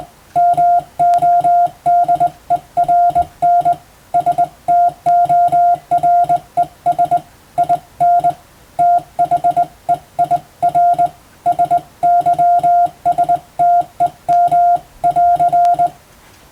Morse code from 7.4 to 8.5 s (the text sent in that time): IN